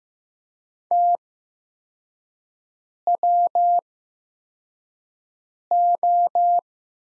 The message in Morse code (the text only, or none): TWO